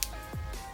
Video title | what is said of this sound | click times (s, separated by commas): Puddle lamp bulb replace lexus is250 DIY (upgrade to LED) | you can just go ahead and plug this on play here clicks and | 0.0 s